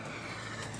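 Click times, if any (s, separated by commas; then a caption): none. Two small locks at the top of a popup camper's trailer door are being handled just before they are flipped into place. Only a steady, even broadband noise with a low hum is heard, with no sudden sounds. Nothing has seated or clicked yet.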